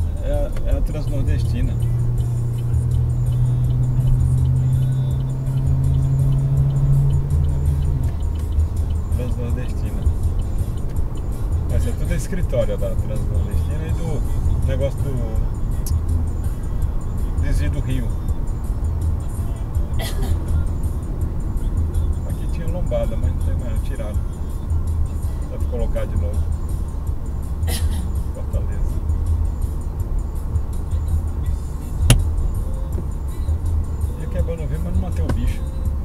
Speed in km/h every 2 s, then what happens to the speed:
75, 82, 88, 93, 95, 98, 101, 102, 102, 102, 100, 93, 92, 92, 93, 93, 93, 92.
0-13 speeds up to 102. 13-19 steady at about 102. 19-23 slows to 92. 23-36 steady at about 92.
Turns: none.